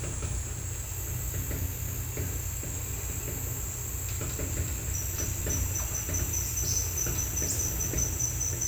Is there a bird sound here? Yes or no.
no